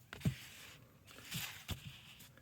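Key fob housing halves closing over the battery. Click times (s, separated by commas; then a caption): 0.1 s. The two plastic halves of a Jeep or Dodge key fob shell are pressed back together over a newly replaced coin battery. A sharp snap comes at 0.1 s, followed by a few soft handling rustles and bumps. The fob housing is seated and snapped shut.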